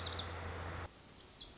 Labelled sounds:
Lazuli Bunting (Passerina amoena)
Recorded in Sonoma County, California

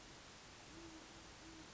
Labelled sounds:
Great Horned Owl (Bubo virginianus)
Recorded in Sonoma County, California

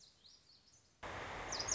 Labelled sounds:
Lazuli Bunting (Passerina amoena)
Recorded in Sonoma County, California

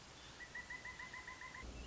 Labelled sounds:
Pileated Woodpecker (Dryocopus pileatus)
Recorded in Sonoma County, California

